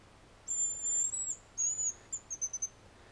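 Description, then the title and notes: Hazel grouse whistling song of long, piercing high whistles followed by a brief twittering flourish of short notes, over a steady low background hiss. "Pyy. Juha Laaksonen"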